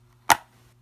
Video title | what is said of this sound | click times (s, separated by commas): DYE SE Paintball MASK UNPACKAGED! (In Depth Review) | and pop it comes off you take one side off and move on | 0.3 s